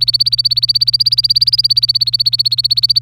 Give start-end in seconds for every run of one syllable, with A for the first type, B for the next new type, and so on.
0.00-3.02 A